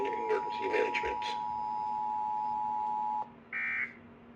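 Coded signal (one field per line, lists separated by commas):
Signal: Emergency Alert System (SAME) tones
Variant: 853 and 960 Hz attention tone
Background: speech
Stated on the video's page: Oregon statewide required monthly EAS test, relayed through a Trilithic EASyCAP and then EASyPLUS encoder/decoder.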